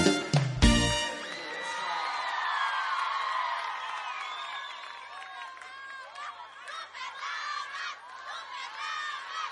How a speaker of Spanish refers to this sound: Que se escuchen las palmas.